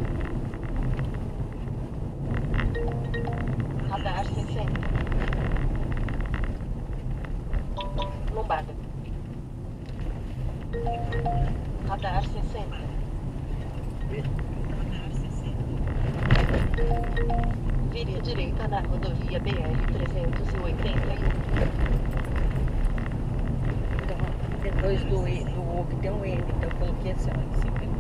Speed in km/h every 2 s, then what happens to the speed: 36, 36, 31, 31, 29, 32, 32, 32, 35, 35, 37, 40, 46, 49.
0-7 slows to 29. 7-14 steady at about 32. 14-28 speeds up to 49.